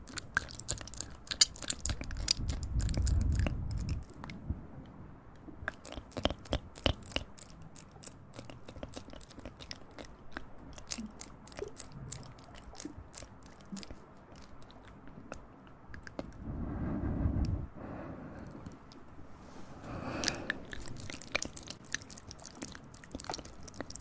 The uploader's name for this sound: play with your ears